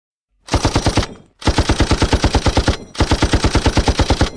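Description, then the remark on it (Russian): A DShK heavy machine gun fires at an aluminium boat fleeing toward shore, in three sustained bursts, each a rapid, evenly spaced string of loud, booming shots with short pauses between. No voices. “Вторая очередь ДШК прошлась поверх алюминиевой лодки, пытавшейся удрать к берегу.”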